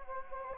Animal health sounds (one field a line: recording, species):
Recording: mosquito wingbeat signal from an infrared sensor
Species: Anopheles gambiae